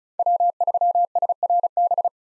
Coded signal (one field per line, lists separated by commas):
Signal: Morse code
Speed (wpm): 34 wpm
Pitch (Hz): 700 Hz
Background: none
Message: W3SRB